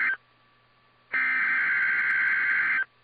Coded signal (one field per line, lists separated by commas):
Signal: Emergency Alert System (SAME) tones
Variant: header bursts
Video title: Required Weekly Test On KIH54 10/9/21 (EAS #928)